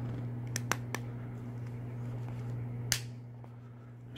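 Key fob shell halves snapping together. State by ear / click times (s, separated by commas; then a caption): seated / 0.6 s, 0.7 s, 1.0 s, 2.9 s. The two plastic halves of a Honda smart key fob are squeezed back together after its coin cell battery is replaced, giving sharp snaps at 0.6, 0.7, 1.0 and 2.9 s over a steady low hum. The shell is fully seated, with its edges checked and all clicked together.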